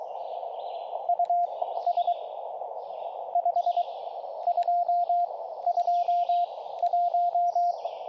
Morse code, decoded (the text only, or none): US 5221